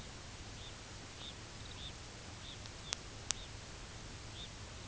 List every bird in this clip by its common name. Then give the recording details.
Red Phalarope, Lapland Longspur. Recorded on Arctic tundra, site UTQI-0, on 17 June 2019. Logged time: 18:00